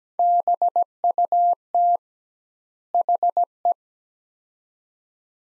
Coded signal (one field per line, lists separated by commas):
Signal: Morse code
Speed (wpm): 17 wpm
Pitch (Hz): 700 Hz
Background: none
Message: BUT HE